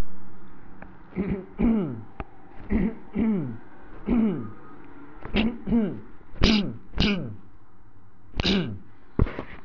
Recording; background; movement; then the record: throat clearing; traffic; sitting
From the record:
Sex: male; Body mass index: 20.6 kg/m2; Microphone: on the chest, facing the body